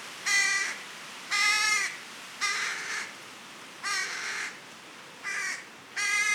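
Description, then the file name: Carrion crow calling with six harsh, grating caws delivered at roughly one-second intervals, fairly even in loudness. "Corvus corone"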